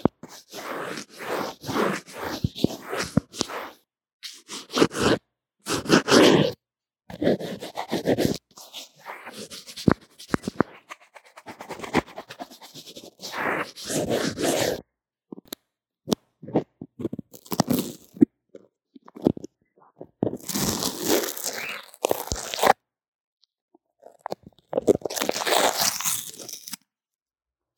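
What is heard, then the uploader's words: Crunchy scratching from drawing and makeup picked up by a low-quality earphone mic, coming in dense bursts of a second or several seconds, split by silent gaps. Sharp clicks and taps cut through, and the rough strokes sound bright. 各種玩弄線麥!! Lo-fi Earphone Mic drawing & Makeup | No Talking.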